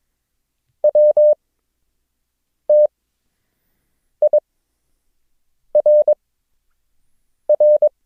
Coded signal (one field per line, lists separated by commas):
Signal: Morse code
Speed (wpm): 22 wpm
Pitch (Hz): 600 Hz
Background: none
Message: WTIRR